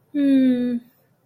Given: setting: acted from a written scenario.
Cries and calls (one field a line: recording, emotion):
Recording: vocal sound without words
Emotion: romantic love